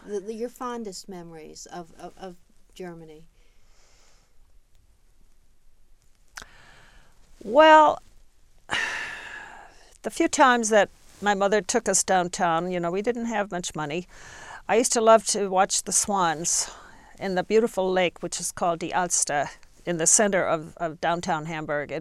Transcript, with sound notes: Your fondest memories of Germany?
Well, (she sighs) the few times that my mother took us down town. You know, we didn't have much money, I used to love to watch the swans in the beautiful lake, which is called the Ouster, in the center of downtown Hamburg.